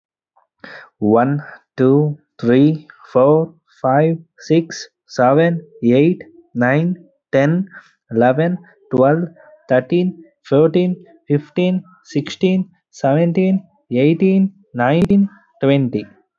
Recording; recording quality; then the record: counting at a normal pace; moderate, slight background noise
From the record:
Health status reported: healthy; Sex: male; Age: 23 years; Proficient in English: yes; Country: India